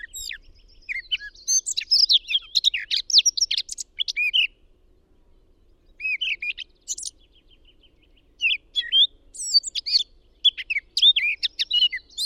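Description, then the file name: Eurasian blackcap song: several phrases of fast, chattering warble with quieter pauses between, some notes bright and whistled, others scratchy. "Sylvia atricapilla"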